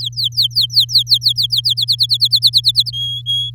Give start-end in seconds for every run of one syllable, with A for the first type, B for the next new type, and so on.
0.00-1.74 A, 1.77-2.91 B, 2.93-3.50 C